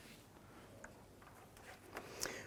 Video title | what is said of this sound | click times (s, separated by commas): How to Replace Hydraulic Engine Mount 2012-2017 Toyota Camry | once that's locked into place let's go ahead and install | 2.2 s